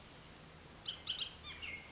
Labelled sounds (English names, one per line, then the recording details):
Bullock's Oriole
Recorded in Sonoma County, California